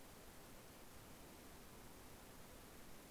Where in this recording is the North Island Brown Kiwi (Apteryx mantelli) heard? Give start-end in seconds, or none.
none